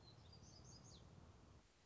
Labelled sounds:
Black-throated Gray Warbler (Setophaga nigrescens)
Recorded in Sonoma County, California

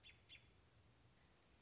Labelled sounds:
American Robin (Turdus migratorius)
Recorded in Sonoma County, California

